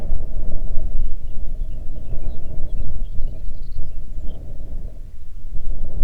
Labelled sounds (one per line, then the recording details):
songbird
wind
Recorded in the Arctic National Wildlife Refuge, Alaska, on 3 June 2019 at 05:07
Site 37